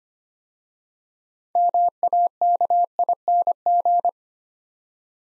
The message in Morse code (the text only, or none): MAKING